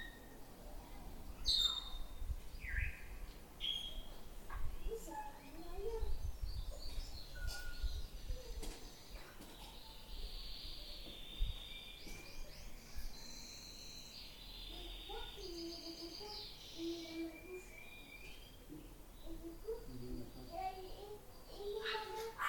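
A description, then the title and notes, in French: In a garden, birds chirp and sing throughout, with bright repeated calls and short trills scattered across the clip. A man and a boy talk at moments in the middle and near the end, over a low outdoor rumble. Côté jardin, un garçon, son papa et les oiseaux.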